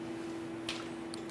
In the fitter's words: and press in you'll be able to hear that click and snap into place